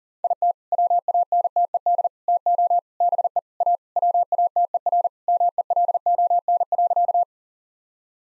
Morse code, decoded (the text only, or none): IT WANTED TO BE A WATERMELON.